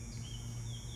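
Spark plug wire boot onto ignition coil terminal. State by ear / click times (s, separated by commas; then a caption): not seated / none. An NGK spark plug wire boot is handled at an ignition coil terminal, about to be pushed on until it latches. Only a steady low hum and broadband background noise are heard, with faint high tones drifting above. Nothing has seated or clicked yet.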